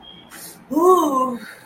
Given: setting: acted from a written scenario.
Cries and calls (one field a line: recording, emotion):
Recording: vocal sound without words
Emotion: ecstasy